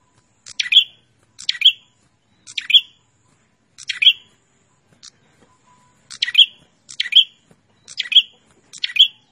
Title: Suara Burung Prenjak Gacor Mantul untuk Masteran